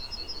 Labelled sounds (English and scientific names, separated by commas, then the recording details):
Yellowhammer (Emberiza citrinella) song
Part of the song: start
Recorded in the Czech Republic on 3 July 2013
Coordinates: 50.196, 12.674
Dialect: B?
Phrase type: D21
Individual 315023